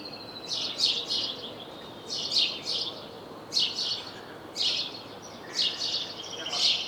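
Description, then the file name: House sparrow giving rapid runs of scratchy chirps, usually two or three together, repeated about every second over a steady soft background hiss. "Passer domesticus"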